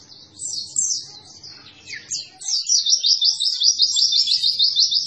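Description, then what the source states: White-eye song starting with scattered high warbles, then settling into a rapid, even series of repeated high notes. Cage-bird training recording (masteran) of a vigorously singing (gacor) white-eye.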